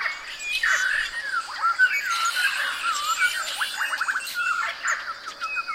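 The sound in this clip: Birds calling: a busy mix of short chirps, whistled slurred notes and quick downward-sweeping trills from several birds, going on without pause.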